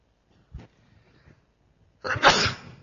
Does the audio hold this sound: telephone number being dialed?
no